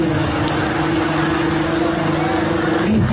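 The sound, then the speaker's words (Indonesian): A loud, steady engine roar from a motorcycle with an open exhaust, its rough drone holding constant before the pitch lifts briefly in a rev near the end. “Bagaimana dengan knalpot blong?”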